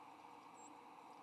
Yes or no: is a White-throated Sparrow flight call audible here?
no